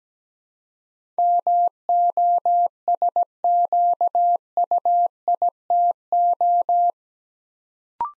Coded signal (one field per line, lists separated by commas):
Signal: Morse code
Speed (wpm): 17 wpm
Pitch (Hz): 700 Hz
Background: none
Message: MOSQUITO